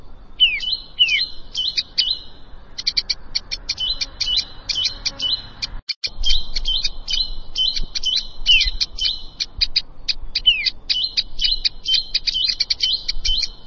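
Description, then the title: Plain prinia singing a fast chain of clipped, ticking notes and buzzy trills with occasional falling slurs, briefly cut off near the middle, then resuming. "Ciblek Sawah"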